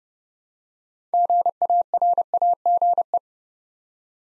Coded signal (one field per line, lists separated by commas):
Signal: Morse code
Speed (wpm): 30 wpm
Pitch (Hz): 700 Hz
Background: none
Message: GARAGE